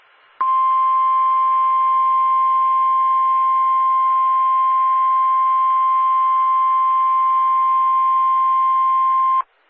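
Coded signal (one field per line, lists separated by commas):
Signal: Emergency Alert System (SAME) tones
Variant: 1050 Hz attention tone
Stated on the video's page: Two severe thunderstorm warnings and a special marine warning broadcast on NOAA Weather Radio station KWO35, Upton, New York.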